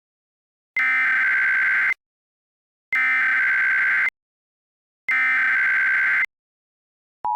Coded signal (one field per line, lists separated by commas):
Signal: Emergency Alert System (SAME) tones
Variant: header bursts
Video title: EAS Mock II 01/16/14 II this reminds me of something from 4 years back...ifykyk